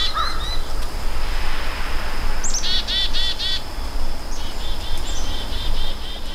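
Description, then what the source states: Chickadee mobbing calls: short clusters of rapid, buzzy high notes in two bursts, over a steady low background rumble. Chickadees mobbing a bird predator such as a merlin or Cooper's hawk, together with other animals; a crow is calling in the background.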